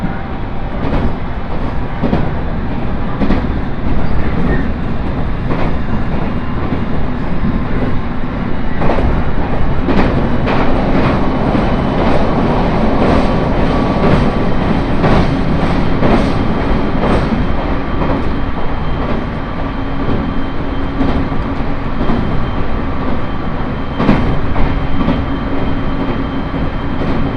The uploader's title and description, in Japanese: 羽越本線 羽後本荘→秋田。羽後本荘で沢山乗車しているので車内が混雑しています。